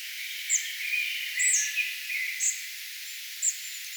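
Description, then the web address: Spotted flycatcher song: four high, thin squeaky notes about one per second, with a lower warbling bird chorus behind. Singing, 4 June 2025. "paivat 4 6 2025 harmaasieppo laulaa"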